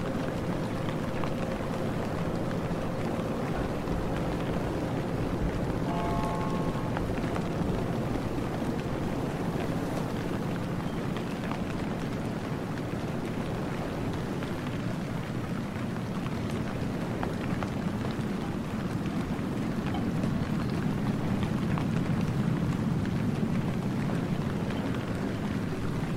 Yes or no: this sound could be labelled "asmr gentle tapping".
no